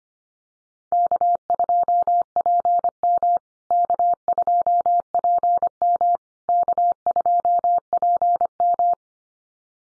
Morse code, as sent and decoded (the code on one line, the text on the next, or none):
-.- ..--- .--. -- / -.- ..--- .--. -- / -.- ..--- .--. --
K2PM K2PM K2PM